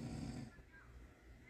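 Snoring from an adult sleeping in the background at night.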